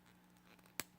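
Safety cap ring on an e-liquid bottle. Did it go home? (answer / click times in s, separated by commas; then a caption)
released / 0.8 s. Someone breaks open the safety cap ring on a plastic e-liquid bottle, with a few faint scratchy handling sounds over a steady low hum. A single sharp pop rings out at 0.8 s as the cap ring pops open and is released.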